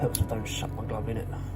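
The double fold-over clasp, with safety buckle, on the metal bracelet of an Invicta Speedway 9221 panda-dial racing chronograph is handled and folded back toward closing while someone talks. Nothing has clicked or seated yet; the clasp is not yet snapped shut.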